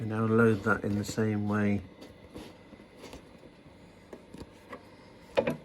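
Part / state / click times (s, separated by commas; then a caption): media loading lever on a vinyl cutter / not seated / none. Someone talks for the first two seconds while loading a vinyl sheet into an old vinyl cutter. Soft handling knocks and taps follow as the media loading lever is moved. The clip ends before the lever locks into place, so nothing has seated or clicked yet.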